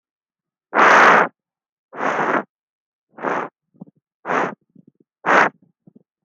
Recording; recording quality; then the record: shallow breathing; excellent, no background noise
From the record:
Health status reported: healthy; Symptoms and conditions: none ticked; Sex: male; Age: 29 years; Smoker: not ticked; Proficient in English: yes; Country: India